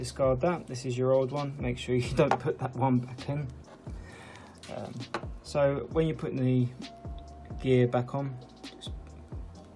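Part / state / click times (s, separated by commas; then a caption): drive gear onto robot vacuum side brush motor shaft / not seated / none. A plastic drive gear is offered up and lined up on the side brush motor shaft of a Eufy Robovac 11 / 11C robot vacuum before being pressed home, while someone talks. Faint handling taps and small knocks are heard near the end, but the gear has not clicked into place yet.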